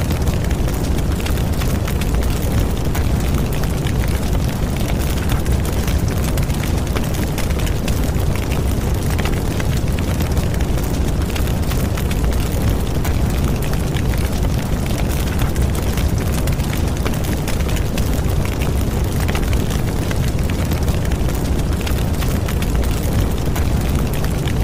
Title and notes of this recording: Roaring Fire Sound. Relax at the foot of a warm and toasty fire.